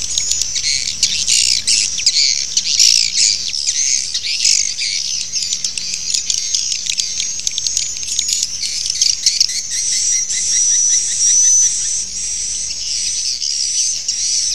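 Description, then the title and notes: Swiftlet twittering, a dense continuous chatter of high chirps and clicks with faint whistled tones laid over it throughout. Used in swiftlet farming in Asia. "Swiflet Bird Sound. Farming Swiflet Bird asia sound"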